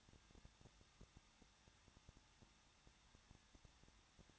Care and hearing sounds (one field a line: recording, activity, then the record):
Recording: daily activity, microphone in the room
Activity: no activity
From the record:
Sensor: 3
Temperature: 21.2 degrees Celsius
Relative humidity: 36.3%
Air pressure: 1006.3 hPa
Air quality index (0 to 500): 221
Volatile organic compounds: 41 ppm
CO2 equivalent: 3158 ppm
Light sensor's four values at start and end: 2/3/2/2 and 2/3/2/2